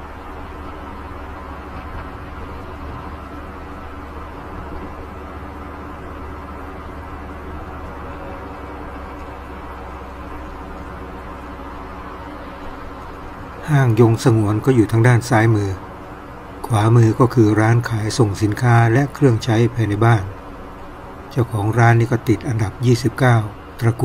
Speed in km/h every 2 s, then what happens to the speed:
51, 51, 51, 52, 50, 49, 48, 46, 45, 44, 44, 44.
0-24 slows to 44.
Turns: none.